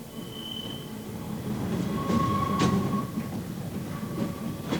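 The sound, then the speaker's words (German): A yellow tram with only five people aboard rumbles steadily along its tracks through a grey, fog-wet November afternoon in Hamburg, a low continuous roll with brief metallic squeals and faint clicks rising over the droning wheels. No one speaks. “Die Straßenbahn fährt durch den nebelnassen Hamburger Nachmittag.”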